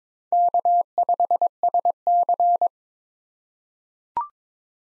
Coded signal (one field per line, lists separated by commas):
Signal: Morse code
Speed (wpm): 22 wpm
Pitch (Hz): 700 Hz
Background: none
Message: K5SC